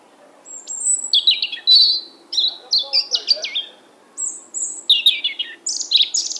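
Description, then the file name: European robin song: dense, tumbling sequence of high whistled and trilled notes changing pitch quickly, with short breaks between phrases over soft background hum. "Erithacus rubecula"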